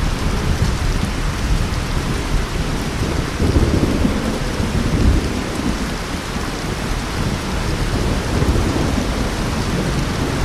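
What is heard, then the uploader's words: Steady, dense rain hisses throughout while low thunder rumbles underneath, swelling around the middle of the clip before settling back. Rain And Thunder Sound At Night.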